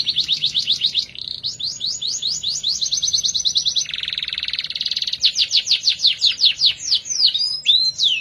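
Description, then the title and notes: Canary song, a loud continuous run of rapid chirps and rolling trills, shifting into a lower buzzy trill midway, then back to quick chirps. Therapy recording meant to prompt a canary that has stopped singing to sing again; the bird is an F1 canary. "#18. TERAPI KENARI MACET. Kenari F1"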